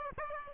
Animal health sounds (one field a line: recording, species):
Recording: mosquito wingbeat signal from an infrared sensor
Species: Aedes aegypti